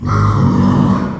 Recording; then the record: squeal of a Yucatan mini pig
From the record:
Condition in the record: after surgery on the right vocal fold (resection and tissue-engineered implant); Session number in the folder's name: 15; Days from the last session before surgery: 175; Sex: female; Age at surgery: 19 weeks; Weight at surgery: 25 kg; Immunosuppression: prednisolone